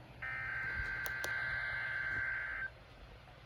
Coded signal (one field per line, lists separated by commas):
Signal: Emergency Alert System (SAME) tones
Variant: header bursts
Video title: idk what to call this| EAS #56- 58| Required Weekly Test| KXI76, WXJ31